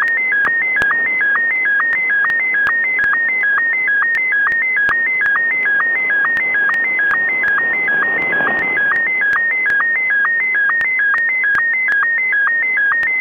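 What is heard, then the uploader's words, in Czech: SSTV transmission from the ISS picked up over radio: a steady, rapid warble of two alternating high tones repeating at an even pace. Soft static hiss sits underneath, with faint regular ticks and a brief swell of noise around eight seconds. SSTV provoz na ISS – RS0ISS. Při přeletu vesmírné stanice ISS jsem na frekvenci 145.800 MHz zachytil tento obrázek vyslaný pomocí SSTV v módu Martin 1.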